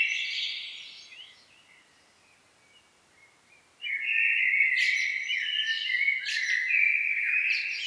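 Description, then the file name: Common blackbird song: a phrase fading out, a quiet gap, then a louder fluty phrase with high twittering notes. "Turdus merula"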